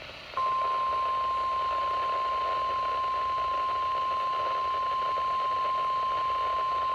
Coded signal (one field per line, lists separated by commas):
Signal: Emergency Alert System (SAME) tones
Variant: 1050 Hz attention tone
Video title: (EAS #79) KJY86 Flash Flood Warning